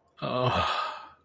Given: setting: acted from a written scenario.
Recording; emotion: vocal sound without words; desire